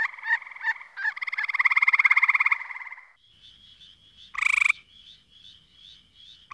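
Treefrog giving a few short pulsed notes, then a long buzzy pulsed trill lasting about two seconds, followed by a louder single harsh call over a faint high background trill.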